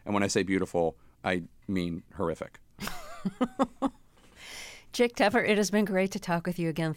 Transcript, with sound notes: And when I say beautiful, I mean horrific.
(Laughter) Jake Tapper, it has been great to talk with you again.